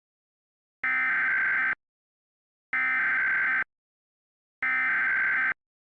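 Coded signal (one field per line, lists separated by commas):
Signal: Emergency Alert System (SAME) tones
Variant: header bursts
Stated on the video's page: Fictional Emergency Alert System scenario about an earthquake disaster in the Rocky Mountains and the western states; simulated alert.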